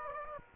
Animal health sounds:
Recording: mosquito wingbeat signal from an infrared sensor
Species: Aedes aegypti

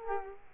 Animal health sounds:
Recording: mosquito wingbeat signal from an infrared sensor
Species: Culex quinquefasciatus

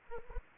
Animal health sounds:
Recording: mosquito wingbeat signal from an infrared sensor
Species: Anopheles arabiensis

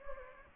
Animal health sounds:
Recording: mosquito wingbeat signal from an infrared sensor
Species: Anopheles gambiae

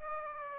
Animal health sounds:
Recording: mosquito wingbeat signal from an infrared sensor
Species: Aedes aegypti

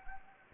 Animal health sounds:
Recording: mosquito wingbeat signal from an infrared sensor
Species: Anopheles gambiae

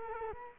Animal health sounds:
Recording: mosquito wingbeat signal from an infrared sensor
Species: Culex quinquefasciatus

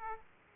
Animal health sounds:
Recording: mosquito wingbeat signal from an infrared sensor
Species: Aedes aegypti

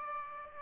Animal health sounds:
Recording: mosquito wingbeat signal from an infrared sensor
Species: Aedes aegypti

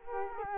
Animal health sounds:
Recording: mosquito wingbeat signal from an infrared sensor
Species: Culex quinquefasciatus

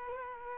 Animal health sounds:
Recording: mosquito wingbeat signal from an infrared sensor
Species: Culex quinquefasciatus

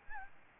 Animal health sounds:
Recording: mosquito wingbeat signal from an infrared sensor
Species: Aedes albopictus

